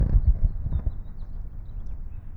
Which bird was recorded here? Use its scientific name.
Haemorhous mexicanus